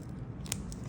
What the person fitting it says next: okay here's a nice click